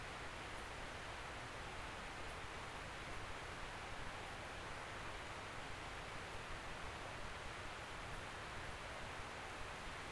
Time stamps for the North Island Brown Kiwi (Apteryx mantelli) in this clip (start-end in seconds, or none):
none